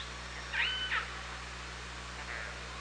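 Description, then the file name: Orca call underwater, a rising then level whistled tone lasting about half a second, followed by a faint second call, over steady hiss and hum. Hydrophone at OrcaLab, 24 August 2017, 18:46. "Orca Lab UTLN JASON 20170824 184616"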